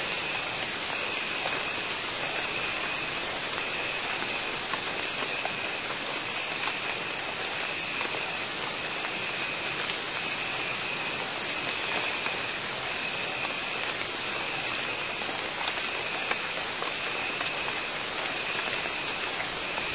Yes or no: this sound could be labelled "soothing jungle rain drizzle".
yes